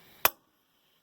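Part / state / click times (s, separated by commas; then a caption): rocker arm onto pushrod in engine valvetrain / seated / 0.2 s. While a cylinder head is installed on the Ford 300 straight-six engine of an NH 1400 combine, a metal rocker arm is smacked so it seats onto its pushrod in the valvetrain. One sharp, loud impact rings out at 0.3 s and decays quickly into silence. The rocker arm pops into place and is seated on the pushrod at 0.3 s.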